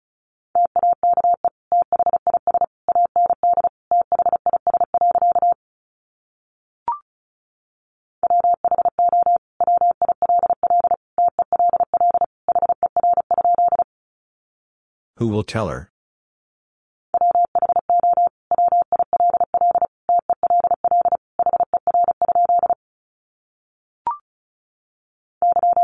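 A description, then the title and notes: Words are sent in Morse code as a steady, mid-pitched tone keyed on and off in quick dots and dashes. Three long runs of code are separated by pauses, each marked by a short click, and a brief rustling noise interrupts near the middle. Sentences from Top 200 Words 35wpm. First, the words are sent in Morse code.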